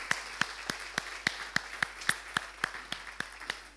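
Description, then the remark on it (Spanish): An audience claps in steady unison for those attending for the first time, about a dozen crisp, sharp claps in a quick even rhythm, roughly three per second, with no voices over them. “Y mientras tanto, todos los demás les damos un fuerte aplauso a aquellos que están aquí por primera vez.”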